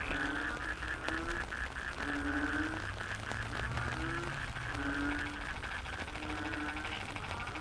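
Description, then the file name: Frog chorus of low drawn-out croaks beneath a buzzy pulsing layer of mid-pitched calls, with a low rumble in the background. Frog chorus soundscape recorded in the Cherating wetlands, Malaysia. "yamaha frogs cherating wetlands"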